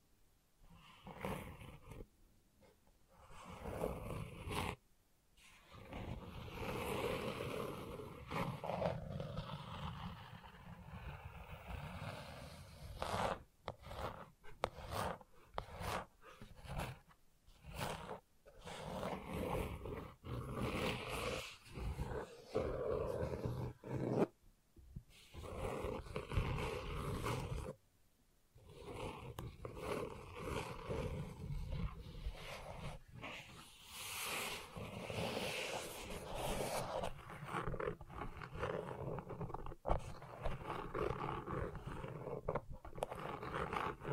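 Gentle scratching runs almost without letup, a rough, dense rasp with a low rumbling body and some hiss on top. It comes in uneven strokes, broken by brief silent pauses around 5, 25 and 28 seconds, with the level otherwise fairly steady.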